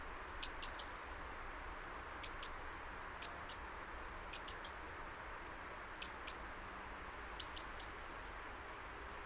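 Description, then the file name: European robin calls: thin, sharp ticks in pairs and short groups, repeated every second or two against constant background hiss. "Erithacus rubecula"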